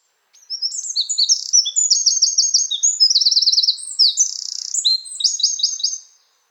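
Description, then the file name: Eurasian wren delivering a long, energetic song of shrill warbled phrases and fast trills, about five and a half seconds, then stopping. "Troglodytes troglodytes"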